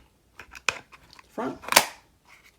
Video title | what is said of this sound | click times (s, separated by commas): N-Charge Install on Bunkerkings CTRL | snaps right in. | 0.7 s